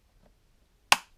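A K&N air filter is pushed into the airbox of a Honda CRF250L/Rally motorcycle. After near silence, the first of two retaining clips snaps into its tag with a single sharp click at 0.9 s. The second clip has not clicked in yet.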